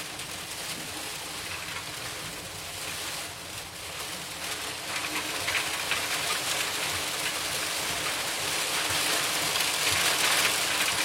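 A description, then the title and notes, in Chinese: Hail falls in a dense, steady clatter, countless small hits merging into a bright, hissing wash. Sharper individual strikes stand out now and then, and the downpour grows heavier and louder from about the middle of the clip to the end. 冰雹声。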